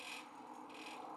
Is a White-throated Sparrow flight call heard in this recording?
no